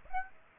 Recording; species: mosquito wingbeat signal from an infrared sensor; Aedes aegypti